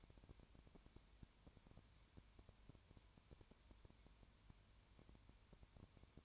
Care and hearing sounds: daily activity, microphone in the room; no activity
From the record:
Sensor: 2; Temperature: 20.3 degrees Celsius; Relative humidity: 33.8%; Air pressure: 1003.2 hPa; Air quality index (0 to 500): 82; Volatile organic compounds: 1 ppm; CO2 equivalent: 781 ppm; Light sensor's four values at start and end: 2/3/2/2 and 2/3/2/2

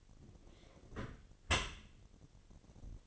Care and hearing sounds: daily activity, microphone in the room; close dishwasher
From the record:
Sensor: 4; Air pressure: 1007.7 hPa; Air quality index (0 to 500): 195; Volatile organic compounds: 7 ppm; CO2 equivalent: 1951 ppm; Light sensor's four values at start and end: 22/70/26/26 and 23/71/27/26

